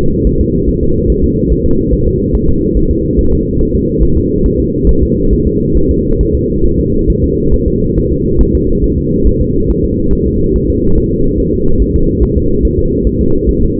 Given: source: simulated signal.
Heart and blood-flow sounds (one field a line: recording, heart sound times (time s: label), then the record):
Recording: fetal heart sounds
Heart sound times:
0.27 s: S1
0.41 s: S2
0.69 s: S1
0.83 s: S2
1.10 s: S1
1.24 s: S2
1.52 s: S1
1.66 s: S2
1.94 s: S1
2.08 s: S2
2.35 s: S1
2.49 s: S2
2.77 s: S1
2.91 s: S2
3.19 s: S1
3.33 s: S2
3.61 s: S1
3.75 s: S2
4.03 s: S1
4.17 s: S2
4.46 s: S1
4.60 s: S2
4.89 s: S1
5.03 s: S2
5.33 s: S1
5.47 s: S2
5.77 s: S1
5.91 s: S2
6.21 s: S1
6.35 s: S2
6.65 s: S1
6.80 s: S2
7.10 s: S1
7.24 s: S2
7.54 s: S1
7.68 s: S2
7.98 s: S1
8.12 s: S2
8.41 s: S1
8.55 s: S2
8.84 s: S1
8.98 s: S2
9.27 s: S1
9.41 s: S2
9.70 s: S1
9.84 s: S2
10.13 s: S1
10.27 s: S2
10.56 s: S1
10.70 s: S2
10.98 s: S1
11.12 s: S2
11.40 s: S1
11.54 s: S2
11.82 s: S1
11.96 s: S2
12.23 s: S1
12.37 s: S2
12.65 s: S1
12.79 s: S2
13.07 s: S1
13.21 s: S2
13.49 s: S1
13.63 s: S2
From the record:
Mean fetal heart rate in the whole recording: 140 bpm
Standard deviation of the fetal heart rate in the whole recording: 2 bpm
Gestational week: 34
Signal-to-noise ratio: -16.4 dB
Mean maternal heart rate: 72 bpm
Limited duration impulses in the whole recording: present